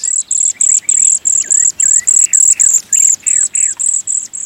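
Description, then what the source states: Cedar Waxwing giving very high, thin buzzy notes repeated rapidly, with softer lower slurred notes underneath. Communal feeders in small flocks; use high-pitched trills and buzzy calls to keep track of each other rather than singing to hold feeding territories.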